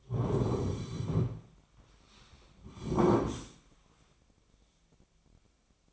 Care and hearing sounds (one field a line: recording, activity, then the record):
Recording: daily activity, microphone in the room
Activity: sit down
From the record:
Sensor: 1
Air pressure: 1009.3 hPa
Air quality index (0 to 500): 179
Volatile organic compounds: 3 ppm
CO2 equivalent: 1510 ppm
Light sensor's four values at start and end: 39/104/43/51 and 42/111/46/54